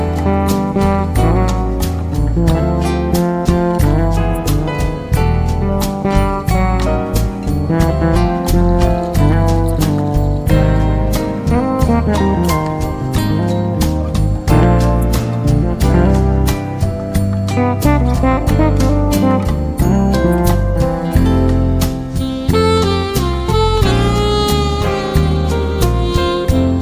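Smooth jazz plays at an even, steady level throughout, with a warm, full low end and sustained melodic lines gliding above it. A regular beat of crisp, bright drum and cymbal hits ticks along all the way through, with no pauses.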